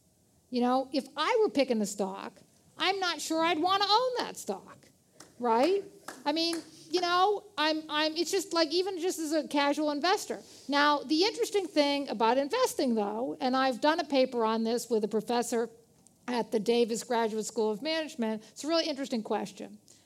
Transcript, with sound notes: You know, if I were picking the stock, I'm not sure I'd want to own that stock, right? [Clapping] I mean you know, it's just like even just as a casual investor. Now the interesting thing about investing though and I've done a paper on this with a professor at the Davis Graduate School of Management. It's a really interesting question.